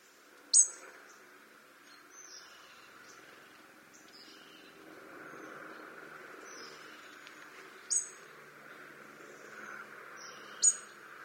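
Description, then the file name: European robin uttering short, high, clipped tick notes at irregular intervals, with faint twittering and a steady hiss behind. "Erithacus rubecula"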